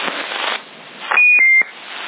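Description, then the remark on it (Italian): A high-pitched electronic beep sounds twice in quick succession, loud and steady, standing out over a noisy, crackling background of a CB radio transmission in Sassari, October 2010. “Questo doppio bip che è avanti.”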